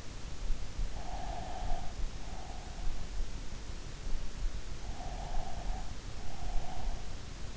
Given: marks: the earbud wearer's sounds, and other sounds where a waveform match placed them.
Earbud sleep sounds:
sounds in sleep by an in-ear microphone; breath
1.00-2.88 s: breath
5.04-7.15 s: breath

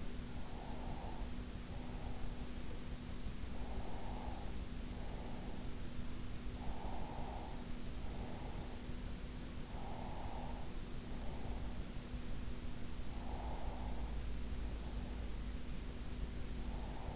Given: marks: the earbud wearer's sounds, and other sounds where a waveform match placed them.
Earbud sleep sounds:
sounds in sleep by an in-ear microphone; breath
0.17-2.17 s: breath
3.17-6.17 s: breath
7.17-9.17 s: breath
10.17-12.17 s: breath
13.17-15.17 s: breath
17.01-17.16 s: breath

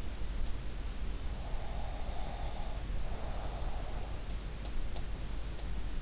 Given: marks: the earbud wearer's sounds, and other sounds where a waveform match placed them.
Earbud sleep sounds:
sounds in sleep by an in-ear microphone; breath
1.48-4.16 s: breath

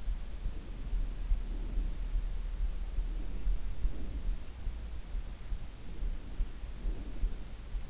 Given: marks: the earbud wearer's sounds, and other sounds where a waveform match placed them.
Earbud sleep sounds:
sounds in sleep by an in-ear microphone; breath
0.45-2.14 s: breath
3.02-4.32 s: breath
5.75-7.56 s: breath

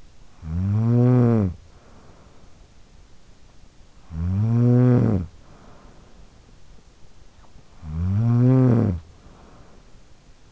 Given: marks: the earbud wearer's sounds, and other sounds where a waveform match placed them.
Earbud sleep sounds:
sounds in sleep by an in-ear microphone; snoring breath
0.00-2.80 s: snoring breath
3.60-6.41 s: snoring breath
7.38-10.52 s: snoring breath

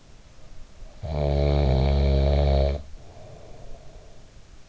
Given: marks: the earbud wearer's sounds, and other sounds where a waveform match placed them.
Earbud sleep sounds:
sounds in sleep by an in-ear microphone; snoring breath
0.96-4.44 s: snoring breath

